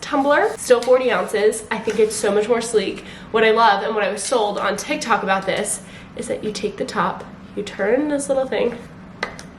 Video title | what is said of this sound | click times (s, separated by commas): Day in the Life: Just Moved to Tampa, Florida -- storage unit, favorite products, organizing, etc. | and it locks in place. | 9.2 s